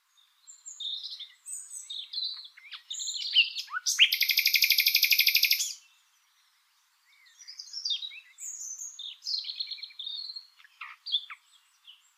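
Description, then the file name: Common nightingale song: varied whistles and chirps, then a loud rapid buzzy rattle of repeated notes for two seconds, a pause, and more scattered high phrases. "Luscinia megarhynchos"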